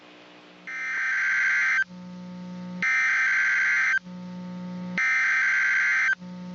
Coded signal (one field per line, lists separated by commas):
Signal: Emergency Alert System (SAME) tones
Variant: header bursts